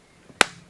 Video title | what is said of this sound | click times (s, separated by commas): UNBOXING!! Ultimateaddons Universal Tough waterproof motorcycle phone mount case | Ha! That satisfying snap as that goes into place. | 0.4 s